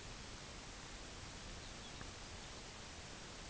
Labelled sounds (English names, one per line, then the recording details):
Lapland Longspur
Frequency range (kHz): Lapland Longspur 2.1-5.3 kHz
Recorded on Arctic tundra, site UTQI-5, on 23 June 2018
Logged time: 04:00